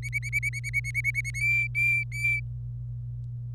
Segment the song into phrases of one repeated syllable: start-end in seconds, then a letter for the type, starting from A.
0.03-1.31 A, 1.34-2.40 B